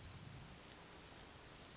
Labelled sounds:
Orange-crowned Warbler (Leiothlypis celata)
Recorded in Sonoma County, California

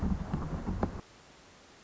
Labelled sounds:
Song Sparrow (Melospiza melodia)
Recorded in Sonoma County, California

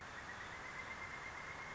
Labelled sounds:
Pileated Woodpecker (Dryocopus pileatus)
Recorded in Sonoma County, California

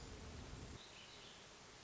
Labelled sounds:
Hermit Thrush (Catharus guttatus)
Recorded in Sonoma County, California

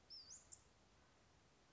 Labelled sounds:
Western Flycatcher (Empidonax difficilis)
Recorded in Sonoma County, California

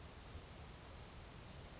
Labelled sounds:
Grasshopper Sparrow (Ammodramus savannarum)
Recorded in Sonoma County, California

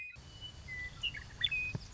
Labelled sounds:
Western Meadowlark (Sturnella neglecta)
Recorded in Sonoma County, California

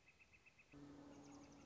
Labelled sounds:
Northern Flicker (Colaptes auratus)
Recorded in Sonoma County, California

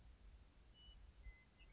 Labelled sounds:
Western Meadowlark (Sturnella neglecta)
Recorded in Sonoma County, California

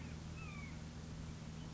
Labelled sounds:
Red-shouldered Hawk (Buteo lineatus)
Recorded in Sonoma County, California

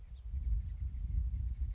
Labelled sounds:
House Finch (Haemorhous mexicanus)
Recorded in Sonoma County, California

